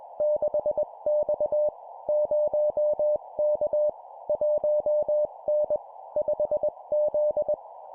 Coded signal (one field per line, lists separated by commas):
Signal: Morse code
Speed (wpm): 21 wpm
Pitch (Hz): 600 Hz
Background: none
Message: 6X 0K 1N 5Z